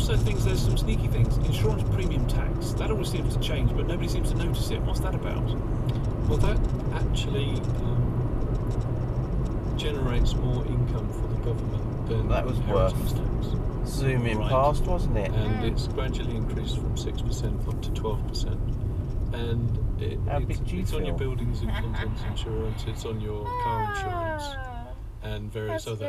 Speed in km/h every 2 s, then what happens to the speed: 64, 63, 61, 60, 60, 58, 56, 52, 47, 35, 32, 24, 16.
0-26 slows to 16.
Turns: none.